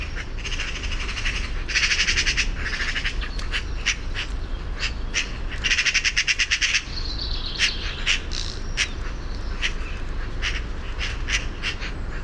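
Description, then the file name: Eurasian magpie giving harsh, rapid rattling chatters in short bursts, with scattered sharp clicks between, over a steady low rumble of background noise. "Pica pica"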